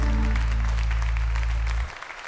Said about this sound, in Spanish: Fuerte ese aplauso al Rey de Reyes y Señor de Señores.